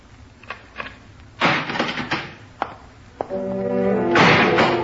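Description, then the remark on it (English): A heavy jail cell door in Nicaragua slams shut with a loud metallic clang, preceded by a few dull knocks and rattles, then a ringing, tonal metallic resonance that lingers. No voices. “But when the door clanged shut behind me, I realized the irony of the situation.”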